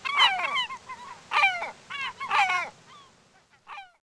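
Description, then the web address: Bird honking calls, several harsh harmonic notes in quick bursts, then fading to a few quieter notes at the end. "Peterson North American Birds"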